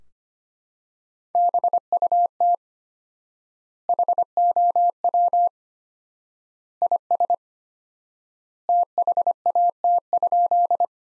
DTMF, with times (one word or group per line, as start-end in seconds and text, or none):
none